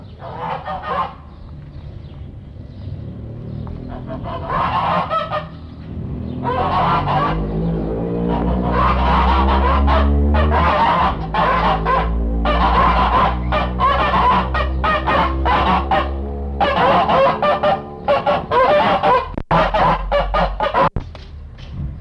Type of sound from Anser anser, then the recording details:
call. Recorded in captivity. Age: adult. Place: Kirchheim am Neckar, Baden-Württemberg, DE. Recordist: Faber, Albrecht. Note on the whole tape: Geschnatter von zwei Gänsen auf einem Bauernhof. Keine Datumsangabe vorhanden